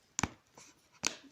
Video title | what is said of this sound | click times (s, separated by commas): ST-450R Welding Helmet (STAHLWERK) Setup | you can hear the clicking sound yeah this is all done so | 0.2 s, 1.1 s